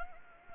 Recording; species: mosquito wingbeat signal from an infrared sensor; Anopheles arabiensis